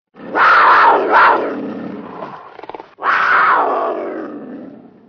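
Cougar screaming: two long, loud, raspy cries, the first swelling twice before fading, then a short pause and a second harsh cry that trails off slowly.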